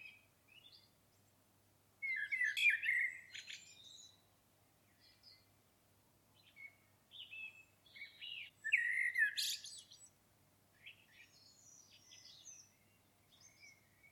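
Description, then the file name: Common blackbird singing two loud warbled phrases, low fluted notes ending in high squeaky twitters, with softer scattered notes between them. "Turdus merula"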